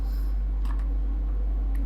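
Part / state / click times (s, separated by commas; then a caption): mechanical keyboard switch into keyboard plate and hot-swap socket / seated / 0.7 s. A mechanical keyboard switch, its pins lined up with the hot-swap socket holes, is pressed down into the keyboard plate and snaps into place with a sharp click at 0.7 s, locking it in. A fainter tick follows at 1.8 s over a steady low hum.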